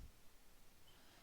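Two plastic panels on the truck trailer section of an Ultra Magnus Studio Series '86 transforming figure are handled during its transformation, giving only faint, low handling noise with no sharp hits. Nothing has seated or clicked yet.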